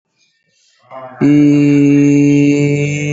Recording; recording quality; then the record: sustained vowel as in beet; excellent, no background noise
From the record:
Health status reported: COVID-19 positive, mild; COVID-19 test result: positive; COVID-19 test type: RT-PCR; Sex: male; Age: 56 years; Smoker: no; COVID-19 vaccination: both doses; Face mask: not worn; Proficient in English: no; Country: India